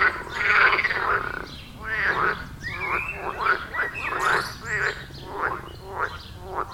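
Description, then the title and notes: Frog chorus of rapid, rattling croaks overlapping in bursts. Chorus at a village pond in Wohlsborn, Germany; recorded with a TASCAM DR-40X. "Wohlsborn, Deutschland - Froschkonzert. Frog concert. Froschkonzert am Dorfteich in Wohlsborn"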